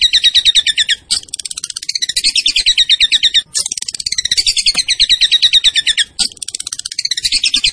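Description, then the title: Tembakan bird: continuous rapid high twittering song, broken into phrases by brief gaps roughly every two to three seconds. Master recording for training cage birds; the bird is described as gacor, singing vigorously. "Masteran Burung Tembakan Gacor"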